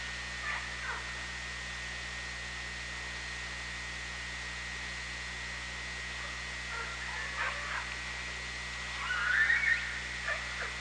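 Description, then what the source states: Orca calls: short harmonic squeals and warbling tones, a few near the start and more toward the end, loudest near the end, against steady hydrophone hiss and a constant whine. Recorded on the OrcaLab hydrophone, 24 August 2017 at 18:19.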